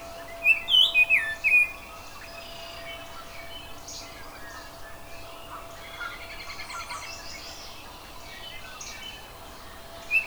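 Oriole song: a quick phrase of several mellow whistled notes in the first two seconds, then mostly quiet with faint high chatter and one last note at the end.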